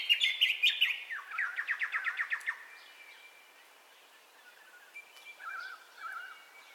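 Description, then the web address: Bird song: a rapid trill that breaks into a series of quick repeated notes, followed by faint whistles. Dawn ambience of birdcalls, recorded in stereo. "Sound Effects-Foundation Updates AMBIENCE DAWN BIRDCALLS STEREO"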